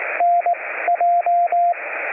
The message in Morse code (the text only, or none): NJ